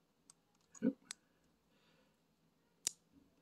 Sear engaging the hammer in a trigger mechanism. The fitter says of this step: if I put a little bit of tension on it you'll be able to hear a click there